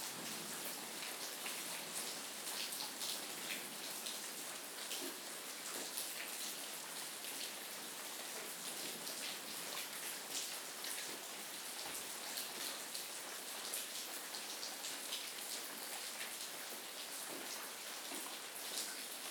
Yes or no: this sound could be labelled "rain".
yes